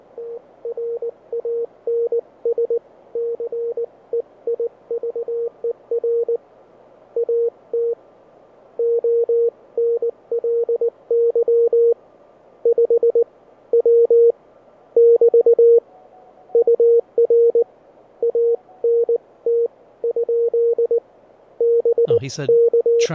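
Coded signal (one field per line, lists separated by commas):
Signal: Morse code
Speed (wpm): 18 wpm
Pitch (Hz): 470 Hz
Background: none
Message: TRANSCEIVER AT ONLY 5 W <BT> UR ANT? BK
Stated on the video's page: Heard on a Manhattan-built VRX-1 direct conversion receiver fitted with an added RF stage and an active peaked lowpass filter.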